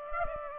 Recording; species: mosquito wingbeat signal from an infrared sensor; Aedes aegypti